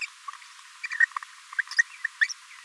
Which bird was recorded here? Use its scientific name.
Forpus passerinus